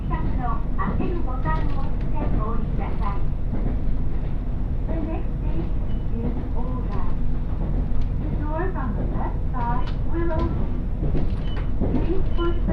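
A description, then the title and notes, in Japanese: A ride on the Tsugaru Line train from Kanita toward Tsugaru-Futamata, with a constant low engine and wheel rumble holding steady throughout. Voices talk almost continuously over it, in short phrases with brief pauses, while the overall loudness stays even. 津軽線 蟹田→津軽二股。列車はGV-E400系の1両で、いわゆるハイブリッド車になります。ほどよく混んでいてロングシートに座ります。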